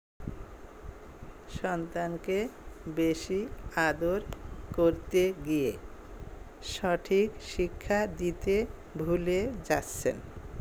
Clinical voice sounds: elicited speech; Bengali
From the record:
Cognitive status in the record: dementia

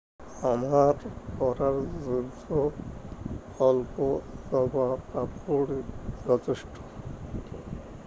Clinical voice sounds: elicited speech; Bengali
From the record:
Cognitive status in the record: dementia

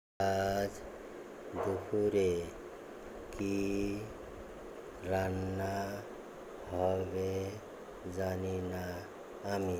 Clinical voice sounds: elicited speech; Bengali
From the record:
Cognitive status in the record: dementia

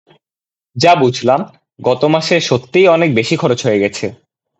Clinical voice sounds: elicited speech; Bengali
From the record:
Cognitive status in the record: cognitively healthy

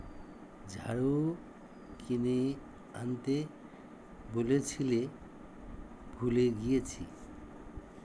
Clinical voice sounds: elicited speech; Bengali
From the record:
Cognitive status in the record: dementia

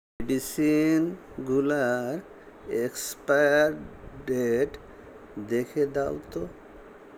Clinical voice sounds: elicited speech; Bengali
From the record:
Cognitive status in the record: dementia

